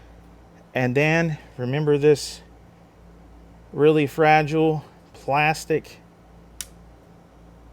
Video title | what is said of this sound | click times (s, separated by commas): Easy Fix For Lg Tv Resetting And No Wifi Connection! #lg | did you hear that click in place that fragile plastic | 6.6 s